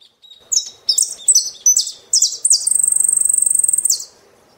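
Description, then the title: Saffron finch song: a few high, sharp slurred phrases, then a fast buzzy trill held for about a second and a half before ending on a falling note. "Jilguero Argentino"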